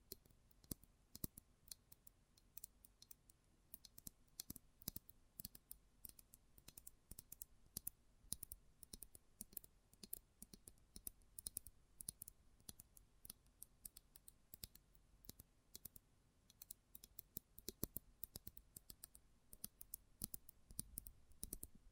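Close-up metallic sounds: sharp, bright clicks and ticks arrive in quick, irregular bursts throughout, some clustered densely, others spaced apart. A faint low hum and quiet hiss sit steadily underneath the clicking.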